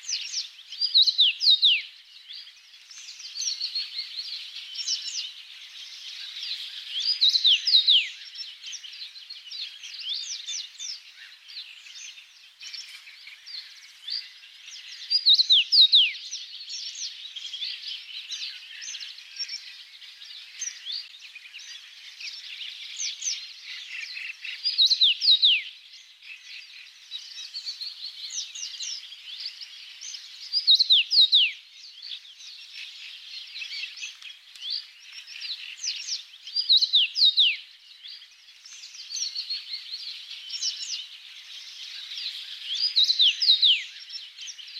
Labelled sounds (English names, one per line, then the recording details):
Common Rosefinch song
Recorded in the wild
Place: Narotsch-See, BY
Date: 2005-05-21
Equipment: Minidisc Sony MZ-R35, Telinga DAT, Telinga-Parabolspiegel
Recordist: Schwarz, Dieter